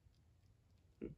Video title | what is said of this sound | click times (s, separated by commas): NEW Mcfarlane Superman of Earth 3, Hasbro MMPR Pink and White Ninjetti Rangers unboxing and review! | it went on usually you hear the pop you know and it didn't | none